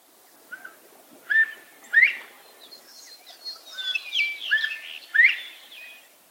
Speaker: The northern bobwhite's most famous vocalization, however, is the one we hear in the breeding season when an unmated male basically just yells his name.